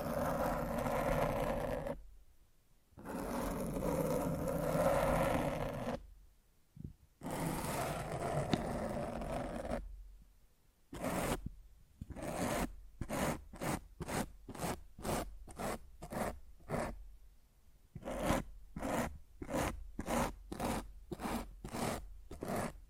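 Scratching on a microphone, first as long continuous rubbing passages of a couple of seconds each, separated by silent gaps. After about ten seconds it turns into quick, regular short scrapes, roughly two per second, with brief pauses between bursts.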